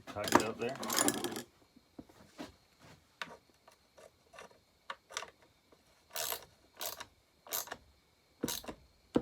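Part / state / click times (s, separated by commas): screw in chainsaw threaded hole / stripped / 3.2 s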